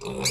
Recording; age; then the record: pig call; weaner (32 to 43 days)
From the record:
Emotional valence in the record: negative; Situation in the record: short isolation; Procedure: open field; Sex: female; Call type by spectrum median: high-frequency call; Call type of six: mixed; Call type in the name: high-frequency modulated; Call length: 0.30 s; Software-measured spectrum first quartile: 708 Hz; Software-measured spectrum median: 3189 Hz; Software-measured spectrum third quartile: 5841 Hz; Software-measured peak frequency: 413 Hz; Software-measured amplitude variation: 102 dB a second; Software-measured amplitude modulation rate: 31.2 a second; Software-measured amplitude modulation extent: 3.3 dB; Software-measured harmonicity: 2.4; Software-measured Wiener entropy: -3.30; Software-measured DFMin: 633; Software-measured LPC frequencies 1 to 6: 433, 2291, 3885, 4600, 6288, 6827 Hz